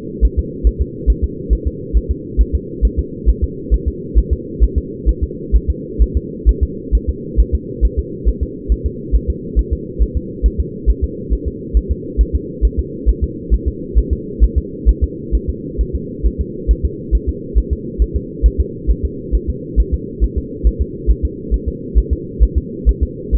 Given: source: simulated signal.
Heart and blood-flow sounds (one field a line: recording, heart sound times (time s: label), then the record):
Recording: fetal heart sounds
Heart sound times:
0.25 s: S1
0.39 s: S2
0.67 s: S1
0.81 s: S2
1.10 s: S1
1.24 s: S2
1.53 s: S1
1.67 s: S2
1.97 s: S1
2.11 s: S2
2.41 s: S1
2.55 s: S2
2.85 s: S1
2.99 s: S2
3.29 s: S1
3.44 s: S2
3.74 s: S1
3.88 s: S2
4.18 s: S1
4.33 s: S2
4.63 s: S1
4.78 s: S2
5.09 s: S1
5.24 s: S2
5.56 s: S1
5.70 s: S2
6.02 s: S1
6.17 s: S2
6.49 s: S1
6.63 s: S2
6.95 s: S1
7.09 s: S2
7.40 s: S1
7.55 s: S2
7.85 s: S1
7.99 s: S2
8.28 s: S1
8.43 s: S2
8.72 s: S1
8.86 s: S2
9.16 s: S1
9.30 s: S2
9.59 s: S1
9.73 s: S2
10.02 s: S1
10.17 s: S2
10.46 s: S1
10.60 s: S2
10.90 s: S1
11.04 s: S2
11.33 s: S1
11.48 s: S2
11.77 s: S1
11.91 s: S2
12.21 s: S1
12.35 s: S2
12.65 s: S1
12.79 s: S2
13.09 s: S1
13.24 s: S2
13.54 s: S1
13.68 s: S2
13.98 s: S1
14.13 s: S2
14.44 s: S1
14.58 s: S2
14.89 s: S1
15.04 s: S2
15.35 s: S1
15.50 s: S2
15.81 s: S1
15.95 s: S2
16.26 s: S1
16.41 s: S2
16.71 s: S1
16.85 s: S2
17.15 s: S1
17.29 s: S2
17.58 s: S1
17.73 s: S2
18.02 s: S1
18.16 s: S2
18.46 s: S1
18.60 s: S2
18.91 s: S1
19.05 s: S2
19.35 s: S1
19.50 s: S2
19.80 s: S1
19.94 s: S2
20.24 s: S1
20.38 s: S2
20.67 s: S1
20.81 s: S2
21.11 s: S1
21.25 s: S2
21.54 s: S1
21.68 s: S2
21.98 s: S1
22.13 s: S2
22.43 s: S1
22.58 s: S2
22.89 s: S1
23.03 s: S2
23.35 s: S1
From the record:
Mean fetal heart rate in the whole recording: 135 bpm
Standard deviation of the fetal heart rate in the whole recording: 3 bpm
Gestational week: 34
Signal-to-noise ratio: -4.1 dB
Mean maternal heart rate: no maternal heart sound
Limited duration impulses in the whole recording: absent